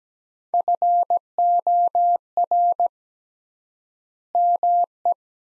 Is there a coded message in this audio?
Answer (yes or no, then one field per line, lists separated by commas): yes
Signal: Morse code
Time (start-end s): 0.5-5.1 s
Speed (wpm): 17 wpm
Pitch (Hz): 700 Hz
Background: none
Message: FOR ME